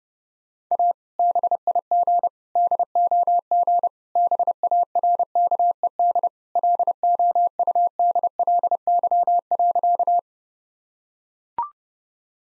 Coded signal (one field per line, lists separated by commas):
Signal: Morse code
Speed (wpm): 30 wpm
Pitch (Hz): 700 Hz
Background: none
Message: A BIG DOG BARKED LOUDLY.